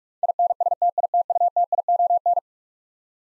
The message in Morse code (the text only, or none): INSTITUTION